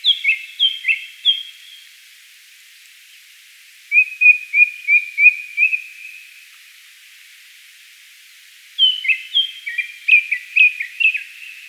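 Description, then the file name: Japanese thrush singing three phrases. The middle one is an even run of identical short whistles, and the outer phrases are more varied and jumbled. "Turdus cardis"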